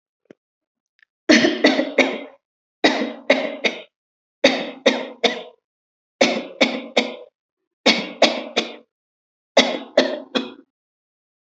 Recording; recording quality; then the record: shallow voluntary cough; excellent, no background noise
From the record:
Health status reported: healthy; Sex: female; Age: 31 years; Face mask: not worn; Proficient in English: yes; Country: India